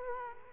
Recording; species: mosquito wingbeat signal from an infrared sensor; Culex quinquefasciatus